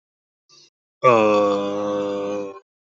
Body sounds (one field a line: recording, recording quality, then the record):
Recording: sustained vowel as in made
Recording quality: excellent, no background noise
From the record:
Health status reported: healthy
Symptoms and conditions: none ticked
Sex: male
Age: 35 years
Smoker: not ticked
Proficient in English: yes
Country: India